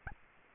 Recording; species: mosquito wingbeat signal from an infrared sensor; Anopheles arabiensis